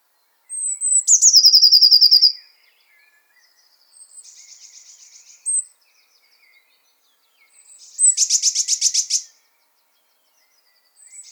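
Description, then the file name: Eurasian blue tit call: a high descending note into a fast buzzy trill, then softer chatter and a second churring burst of rapid notes. "Cyanistes caeruleus"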